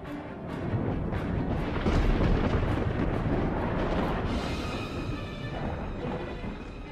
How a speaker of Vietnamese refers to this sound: Bầu trời lúc ấy bỗng nhiên ầm ầm nổi giông bão sấm chớp, rồi như muốn chuyển mưa.